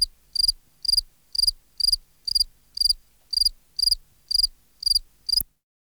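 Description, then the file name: Field cricket song: loud, clean chirps repeated roughly twice a second, each a brief pulsed burst with bright overtones, ending abruptly near the close. "Gryllus campestris"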